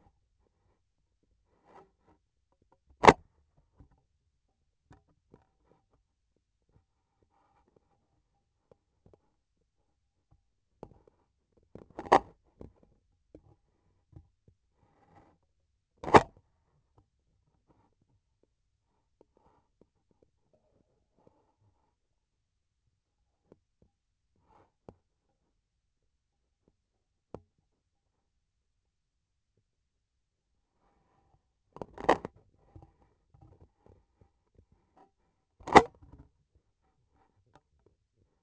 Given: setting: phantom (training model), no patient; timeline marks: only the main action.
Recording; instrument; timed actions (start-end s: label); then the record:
laparoscopic instrument, vibration sensor on the handle end; scissors
2.93-3.29 s: cutting PTFE tape
15.90-16.49 s: cutting PTFE tape
35.51-36.37 s: cutting PTFE tape
From the record:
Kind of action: gesture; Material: PTFE tape